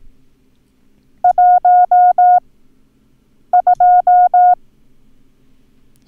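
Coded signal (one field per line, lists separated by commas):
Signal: Morse code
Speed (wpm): 18 wpm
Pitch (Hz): 720 Hz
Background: none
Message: 1 2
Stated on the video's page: Morse code lesson drill teaching the numbers 1 and 8, part of a sequential additive course.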